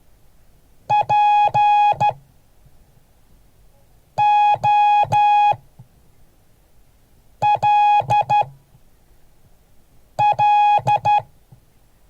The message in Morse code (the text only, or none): POLL